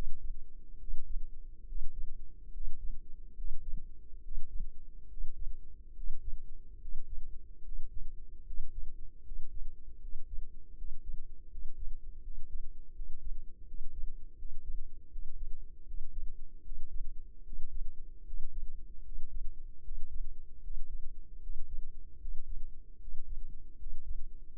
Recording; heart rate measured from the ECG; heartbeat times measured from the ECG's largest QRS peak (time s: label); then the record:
heart sounds by microphone in the left ear; 76 bpm
0.77 s: heartbeat
1.64 s: heartbeat
2.50 s: heartbeat
3.33 s: heartbeat
4.20 s: heartbeat
5.06 s: heartbeat
5.92 s: heartbeat
6.77 s: heartbeat
7.61 s: heartbeat
8.42 s: heartbeat
9.21 s: heartbeat
9.97 s: heartbeat
10.73 s: heartbeat
11.47 s: heartbeat
12.19 s: heartbeat
12.91 s: heartbeat
13.63 s: heartbeat
14.34 s: heartbeat
15.08 s: heartbeat
15.83 s: heartbeat
16.61 s: heartbeat
17.42 s: heartbeat
18.23 s: heartbeat
19.01 s: heartbeat
19.81 s: heartbeat
20.60 s: heartbeat
21.39 s: heartbeat
22.17 s: heartbeat
22.97 s: heartbeat
23.75 s: heartbeat
24.52 s: heartbeat
From the record:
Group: healthy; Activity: breath hold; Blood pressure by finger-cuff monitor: 100/61 mmHg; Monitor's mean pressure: 71 mmHg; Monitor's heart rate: 74 bpm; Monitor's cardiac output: 5.2 L/min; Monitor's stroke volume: 68 mL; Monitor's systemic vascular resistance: 950 dyn s/cm5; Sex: male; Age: 20 years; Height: 167 cm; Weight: 61 kg